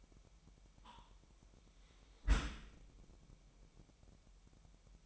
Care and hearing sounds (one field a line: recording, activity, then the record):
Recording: daily activity, microphone in the room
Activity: close dishwasher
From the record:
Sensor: 1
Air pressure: 998.3 hPa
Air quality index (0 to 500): 139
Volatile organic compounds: 4 ppm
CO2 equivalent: 1665 ppm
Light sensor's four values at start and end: 16/55/22/22 and 16/55/22/22